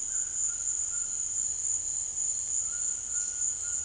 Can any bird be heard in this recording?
yes